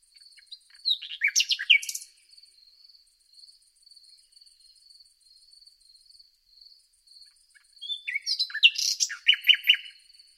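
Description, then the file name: Common nightingale song: two short bursts of varied, scratchy and whistled notes separated by a long pause, over a steady high thin background tone. "Luscinia megarhynchos"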